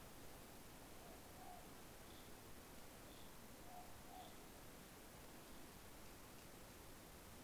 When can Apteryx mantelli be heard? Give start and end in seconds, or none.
none